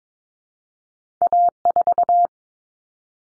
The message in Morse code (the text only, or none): A4